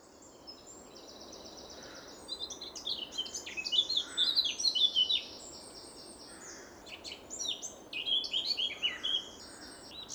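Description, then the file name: Eurasian blackcap song, fast jumbled warbling phrases of chattering high notes rising to a louder flourish, then a second quick burst of warbles later. "Sylvia atricapilla"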